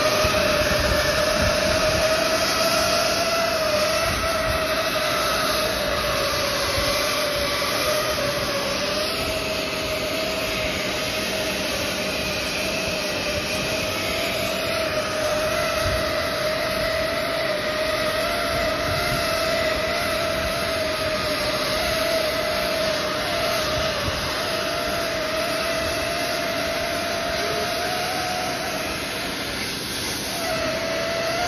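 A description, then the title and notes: A hot air welding machine runs steadily, giving a dense, constant roar with a whining tone near the middle and a faint high hiss. The level barely changes, with only slight wavering pitch shifts around 9, 15 and 30 seconds. Hot air welding machine for Spiral ducting.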